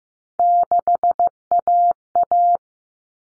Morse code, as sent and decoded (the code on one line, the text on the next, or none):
-.... .- .-
6AA